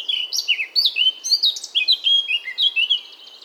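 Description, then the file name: Eurasian blackcap singing a fast, varied warble of clear whistled notes that slide up and down, delivered in a continuous jumbled stream. "Sylvia atricapilla"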